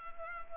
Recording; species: mosquito wingbeat signal from an infrared sensor; Culex pipiens